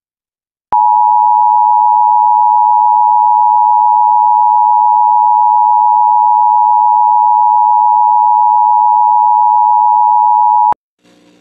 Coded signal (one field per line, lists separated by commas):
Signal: Emergency Alert System (SAME) tones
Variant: 853 and 960 Hz attention tone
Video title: CODE 7- EAS Scenario